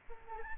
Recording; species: mosquito wingbeat signal from an infrared sensor; Aedes albopictus